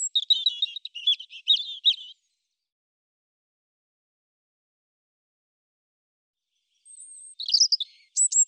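European robin song: a rapid jumbled twittering phrase, then a long silence before another burst of high thin whistles and trills begins.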